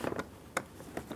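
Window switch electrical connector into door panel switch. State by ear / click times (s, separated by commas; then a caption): seated / 0.6 s. The largest plug, the window switch electrical connector of a 2007–2015 Mazda CX-9, is pushed back into the switch on the interior door panel. A few soft handling knocks come first, then a strong, sharp hit at 0.6 s marks the connector seating, followed by a couple of lighter knocks.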